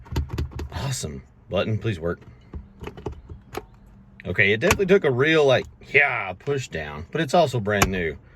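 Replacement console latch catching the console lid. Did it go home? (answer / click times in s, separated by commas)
no / none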